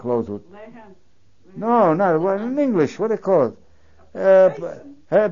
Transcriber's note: voice off mike